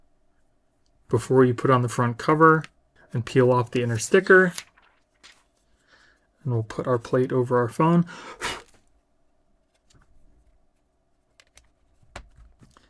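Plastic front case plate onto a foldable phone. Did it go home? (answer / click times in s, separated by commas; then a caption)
yes / 12.2 s. Someone talks for most of the first nine seconds, followed by quiet handling sounds as the hard plastic front cover plate of a Galaxy Fold 7 case is pressed onto the phone's front half. A sharp click at 12.2 s marks the plate snapping into place, seated on the phone.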